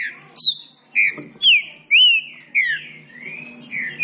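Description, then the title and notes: Green-winged saltator giving loud, pure whistled notes, each a short slurred phrase about every half second, some falling, some rising, against a quiet background. Classic song style (canto clássico) used as a training recording. "Canto Clássico Trinca Ferro TREINAMENTO. trinca fero"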